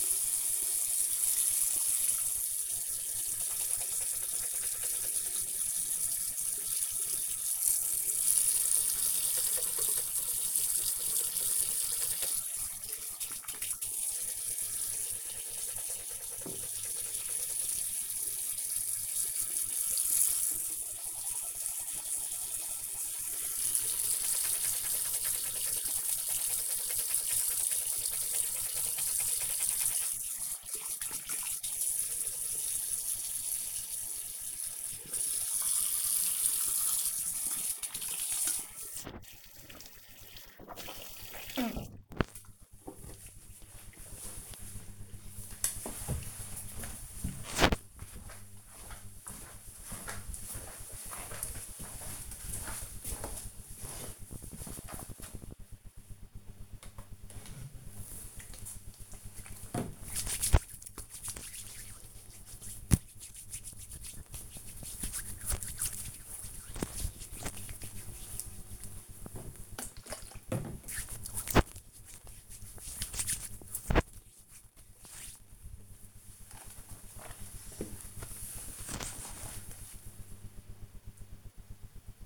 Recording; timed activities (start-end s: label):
household activities, microphone on the right wrist
0.00-45.11 s: brushing teeth
56.17-74.27 s: disinfecting hands